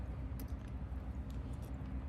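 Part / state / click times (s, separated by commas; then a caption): power connector clip onto tab inside toy connector housing / not seated / none. A bent-up clip on a toy's power connector is being slid back into place so it will catch on the tab inside the connector housing. Only faint handling noise over a low steady hum is heard, with small ticks near 0.4 s and 1.3 s. The clip has not yet clicked onto the tab; nothing has seated.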